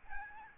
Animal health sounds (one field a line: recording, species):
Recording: mosquito wingbeat signal from an infrared sensor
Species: Aedes albopictus